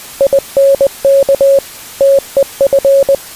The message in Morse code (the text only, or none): INK TEF